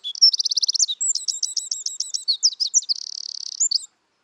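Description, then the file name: Eurasian wren song, under four seconds: a quick run of bright notes, a fast rattle, then a level buzzy trill, ending with a short flourish. "Troglodytes troglodytes"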